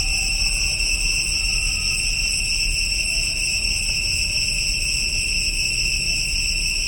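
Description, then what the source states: Cicadas droning together in a constant high-pitched whine of several tones, backed by low rumble. Chorus recorded in Cambodia.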